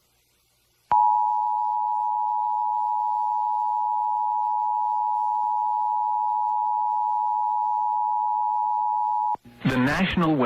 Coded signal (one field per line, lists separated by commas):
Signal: Emergency Alert System (SAME) tones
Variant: 853 and 960 Hz attention tone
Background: speech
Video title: EAS Captures: PDS Tornado Warning for Becker County, Minnesota (False Activation?)